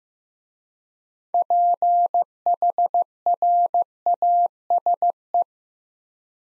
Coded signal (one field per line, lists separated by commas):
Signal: Morse code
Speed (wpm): 15 wpm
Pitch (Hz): 700 Hz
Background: none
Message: PHRASE